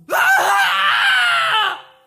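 A man lets out a single loud, sustained scream of horror at a horrifying scene on television, harsh and strained, holding for over a second and a half before cutting off abruptly.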